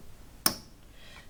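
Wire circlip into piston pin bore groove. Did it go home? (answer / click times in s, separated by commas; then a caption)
yes / 0.5 s. A round wire circlip is walked into the groove at the end of the piston pin bore and popped down into place. A single sharp, bright metallic click sounds at 0.5 s and decays quickly, with only faint background noise before and after. The clip is seated in its groove.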